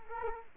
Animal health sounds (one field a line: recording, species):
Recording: mosquito wingbeat signal from an infrared sensor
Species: Culex quinquefasciatus